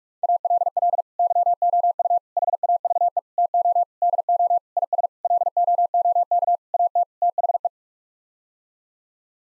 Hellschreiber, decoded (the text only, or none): none